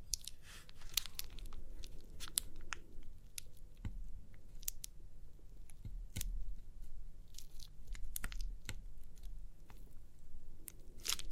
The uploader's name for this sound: Crinkly Pimple Popping